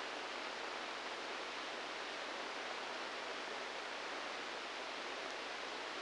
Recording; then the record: brain microelectrode recording played as sound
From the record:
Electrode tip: inside the subthalamic nucleus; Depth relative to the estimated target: 4 mm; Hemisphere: left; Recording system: NeuroSet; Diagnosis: Parkinson's disease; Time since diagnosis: 10 years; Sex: male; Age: 63 years